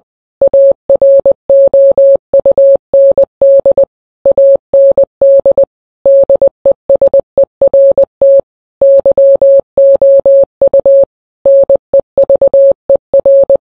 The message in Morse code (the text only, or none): AROUND AND DESERT YOU NEVER